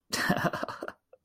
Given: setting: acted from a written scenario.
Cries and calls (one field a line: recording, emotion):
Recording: vocal sound without words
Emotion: amusement